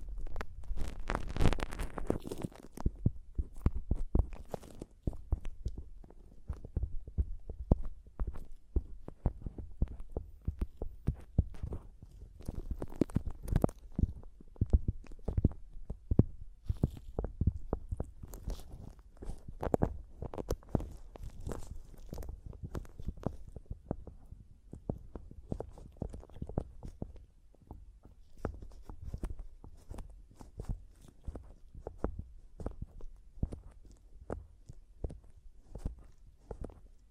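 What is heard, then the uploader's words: Mic tapping and scratching in dense, irregular bursts, with soft thuds and dull knocks landing several times a second. A heavier, brighter flurry of scratching opens the first few seconds, then the taps settle into a steady, low-pitched patter that continues to the end. ASMR Mic Tapping and Scratching (No Talking).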